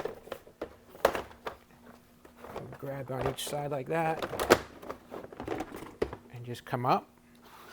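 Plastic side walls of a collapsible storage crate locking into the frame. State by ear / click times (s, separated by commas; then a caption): not seated / none. Someone talks while handling the plastic side walls of a VEVOR collapsible folding storage crate, grabbing them on each side and lifting them up, with short tapping and knocking sounds from the plastic. The walls are not yet pushed down to lock into the frame, and nothing has seated or clicked yet.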